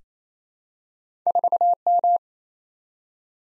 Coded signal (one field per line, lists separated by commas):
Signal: Morse code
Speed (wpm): 27 wpm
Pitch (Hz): 700 Hz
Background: none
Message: 4M